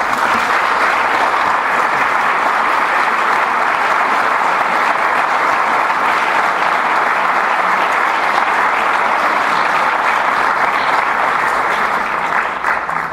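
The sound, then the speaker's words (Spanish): An audience at a documentary film festival claps steadily and loudly, a dense, sustained wash of applause that holds an even level for about thirteen seconds without any talking. “Démosle a ellos un fuerte aplauso.”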